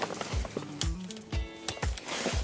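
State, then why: Seated. A bracket on the Bimini top storage boot of a 2023 Sylvan Mirage 8522 CLZ boat with a Mercury 150L is lowered into its mount on the boat. It snaps into place with a sharp click at 0.8 s, over steady tonal background sound and soft low thumps. The bracket is seated.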